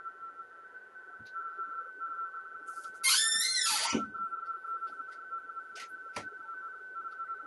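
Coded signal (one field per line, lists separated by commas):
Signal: RTTY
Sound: continuous warbling two-tone teletype chatter, interrupted by a loud one-second whooshing noise and clicks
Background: room noise, clicks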